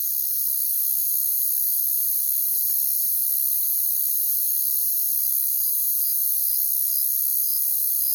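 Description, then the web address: Crickets give a constant high trilling chorus, with a softer series of evenly spaced pulsed chirps repeating in the latter half. "Nature Sounds Sounds of Nature Collection Crickets"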